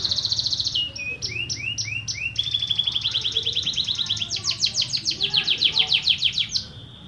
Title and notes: Suara Burung Kenari Masteran. master suara burung kenari mantap